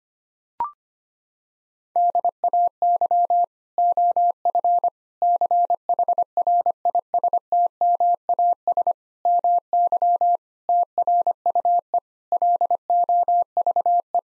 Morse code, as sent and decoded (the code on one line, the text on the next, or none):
-.. .- -.-- / --- ..-. / -.-. .... .-. .. ... - -- .- ... / -- -.-- / - .-. ..- . / .-.. --- ...- .
DAY OF CHRISTMAS MY TRUE LOVE